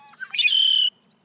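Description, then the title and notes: Red-winged Blackbird song: a couple of short opening notes, then a loud, buzzy high trill held for about half a second before cutting off. The familiar sound is described as a reminder of the return of spring. "The Red-winged Blackbird is the theme bird for this year’s Black Birders Week"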